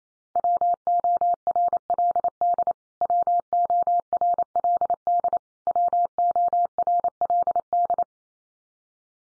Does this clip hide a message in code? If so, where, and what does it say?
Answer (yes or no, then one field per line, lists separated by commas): yes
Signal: Morse code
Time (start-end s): 0.4-8.0 s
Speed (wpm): 28 wpm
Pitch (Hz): 700 Hz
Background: none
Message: WORLD WORLD WORLD